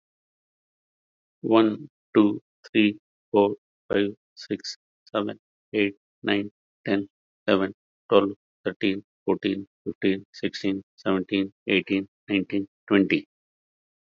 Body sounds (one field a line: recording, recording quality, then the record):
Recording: counting at a normal pace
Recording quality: excellent, no background noise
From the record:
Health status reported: healthy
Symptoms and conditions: none ticked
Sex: male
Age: 60 years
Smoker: not ticked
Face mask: worn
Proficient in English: yes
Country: India